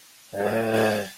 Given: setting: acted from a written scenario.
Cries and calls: vocal sound without words; contempt

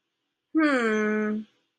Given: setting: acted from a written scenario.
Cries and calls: vocal sound without words; confusion

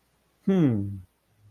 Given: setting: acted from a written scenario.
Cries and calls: vocal sound without words; adoration

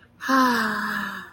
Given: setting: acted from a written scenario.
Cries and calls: vocal sound without words; ecstasy

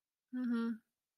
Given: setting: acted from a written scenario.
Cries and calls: vocal sound without words; neutral

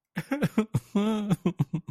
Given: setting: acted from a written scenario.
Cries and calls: vocal sound without words; sadness

